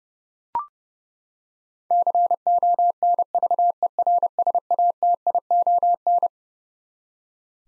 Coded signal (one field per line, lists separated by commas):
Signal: Morse code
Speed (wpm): 30 wpm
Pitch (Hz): 700 Hz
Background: none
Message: CONVERSATION